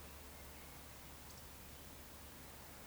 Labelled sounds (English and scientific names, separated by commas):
Eurasian Woodcock (Scolopax rusticola) whistle